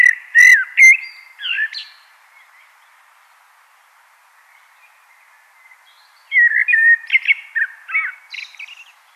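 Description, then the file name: Common blackbird song opening with sharp high twitters and a fluted note, a pause of about four seconds, then a warbled whistled phrase. "Turdus merula"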